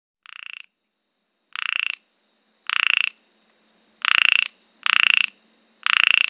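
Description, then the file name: Ornate narrow-mouthed frog giving buzzy, pulsed croaks, six in all, spaced about a second apart and growing louder, over a quiet low hum. "Microhyla ornata"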